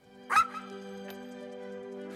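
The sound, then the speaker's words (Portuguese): A dog named Scraps gives one short, sharp yipping bark early on, followed by a faint whine, all over a steady, low humming drone that runs through the whole moment. “Meu cachorro Scraps!”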